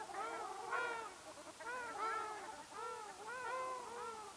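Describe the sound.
Ruddy shelduck calls: a series of nasal, arched honks.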